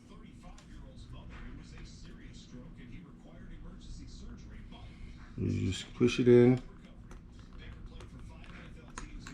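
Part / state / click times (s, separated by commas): SSD module into laptop logic board storage slot / seated / 9.0 s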